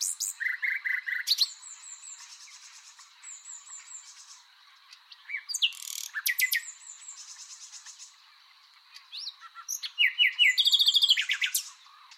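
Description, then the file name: Common nightingale singing varied phrases: low repeated chirps, high thin trills, sharp buzzy bursts and a fast repeated rattling series near the end. "Luscinia megarhynchos"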